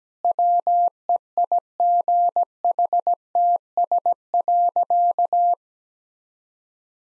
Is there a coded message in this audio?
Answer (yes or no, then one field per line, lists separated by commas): yes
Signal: Morse code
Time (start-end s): 0.2-5.5 s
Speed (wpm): 17 wpm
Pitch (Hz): 700 Hz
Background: none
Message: WEIGHTS.